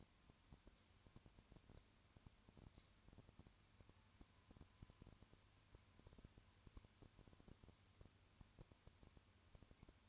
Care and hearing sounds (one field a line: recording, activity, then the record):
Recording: daily activity, microphone in the room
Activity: no activity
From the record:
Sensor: 2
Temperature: 20.3 degrees Celsius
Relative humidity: 35.6%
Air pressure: 1000.9 hPa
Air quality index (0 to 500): 197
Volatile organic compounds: 5 ppm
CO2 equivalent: 1736 ppm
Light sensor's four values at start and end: 2/3/2/2 and 2/3/2/2